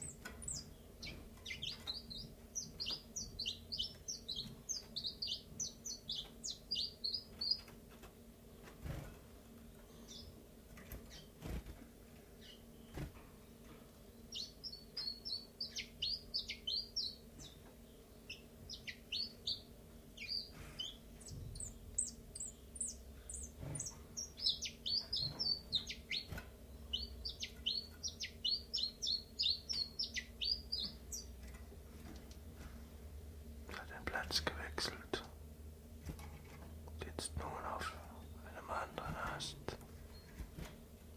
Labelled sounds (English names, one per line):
Common Chiffchaff